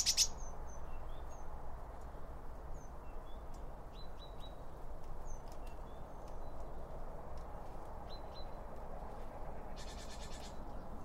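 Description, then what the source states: Birds giving short high chirps and thin whistled notes at intervals over low background rumble, with a brief buzzy burst near the end. Birds around a bird feeder; recorded with two OM 1 microphones from Line Audio.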